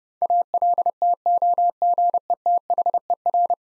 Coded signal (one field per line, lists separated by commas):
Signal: Morse code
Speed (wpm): 32 wpm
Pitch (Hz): 700 Hz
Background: none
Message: ALTOGETHER